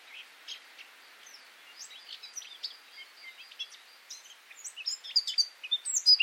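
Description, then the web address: Eurasian blackcap song: a long, busy scratchy warble of varied chattering notes, growing louder and clearer toward the end. "cianscape birddata Deverinetal 2025"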